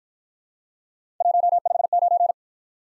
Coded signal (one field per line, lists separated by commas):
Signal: Morse code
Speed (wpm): 51 wpm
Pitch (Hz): 700 Hz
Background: none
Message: 159